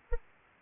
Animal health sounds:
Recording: mosquito wingbeat signal from an infrared sensor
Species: Anopheles arabiensis

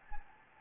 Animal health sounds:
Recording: mosquito wingbeat signal from an infrared sensor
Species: Anopheles gambiae

